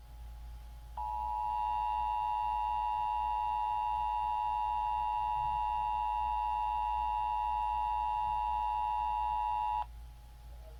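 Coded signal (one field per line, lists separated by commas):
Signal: Emergency Alert System (SAME) tones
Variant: 853 and 960 Hz attention tone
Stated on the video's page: Required Monthly Test for Minnesota statewide, relayed on FM broadcast station.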